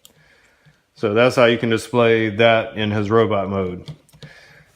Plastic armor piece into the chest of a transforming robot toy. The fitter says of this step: prime armor is gonna snap right into the the front of him like that so